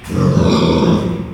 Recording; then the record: squeal of a Yucatan mini pig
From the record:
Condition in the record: after surgery on the right vocal fold (resection and tissue-engineered implant); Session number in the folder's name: 16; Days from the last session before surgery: 183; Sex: female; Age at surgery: 19 weeks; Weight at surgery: 25 kg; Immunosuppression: prednisolone